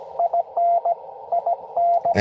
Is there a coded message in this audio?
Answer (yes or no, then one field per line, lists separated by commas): yes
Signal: Morse code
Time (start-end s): 0.2-2.1 s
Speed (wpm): 22 wpm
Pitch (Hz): 690 Hz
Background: radio noise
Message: IN IN